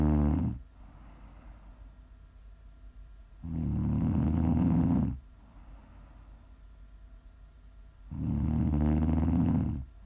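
An adult woman snoring in her sleep: loud, low rattling snores on each inhalation, about 13 a minute, with quiet exhalations between them.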